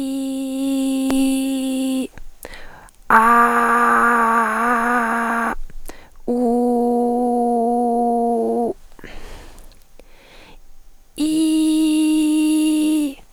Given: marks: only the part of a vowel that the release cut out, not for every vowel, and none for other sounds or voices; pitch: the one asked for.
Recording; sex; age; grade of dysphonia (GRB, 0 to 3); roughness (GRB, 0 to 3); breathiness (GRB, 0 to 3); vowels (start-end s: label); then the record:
sustained vowels; female; 20 to 29 years; 2; 1; 2
0.00-1.00 s: vowel /i/, normal pitch
3.46-4.99 s: vowel /a/, normal pitch
6.90-8.42 s: vowel /u/, normal pitch
11.56-12.83 s: vowel /i/, high pitch
From the record:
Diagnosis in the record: psychogenic dysphonia, hyperfunctional dysphonia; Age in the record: 26 years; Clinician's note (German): Mit Aphonie